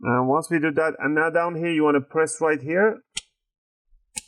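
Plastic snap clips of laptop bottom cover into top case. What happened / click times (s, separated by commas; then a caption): The plastic cover clips snapped home, one after the other / 3.2 s, 4.2 s. Someone talks as the plastic bottom cover of an HP Omen 15 gaming laptop (15-dc1004) is pressed back on. Its snap clips give two sharp clicks into the top case at 3.2 s and 4.2 s, and the cover is seated.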